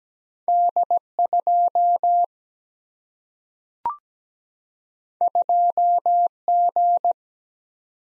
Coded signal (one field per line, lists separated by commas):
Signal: Morse code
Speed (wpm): 17 wpm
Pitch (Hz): 700 Hz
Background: none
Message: D 2 2 G